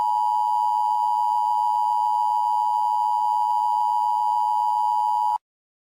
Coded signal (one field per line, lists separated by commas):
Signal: Emergency Alert System (SAME) tones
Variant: 853 and 960 Hz attention tone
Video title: The Great Hurricane in Texas (an EAS scenario)